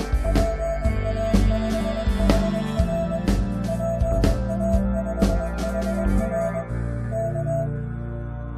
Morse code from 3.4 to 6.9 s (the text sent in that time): PA5HR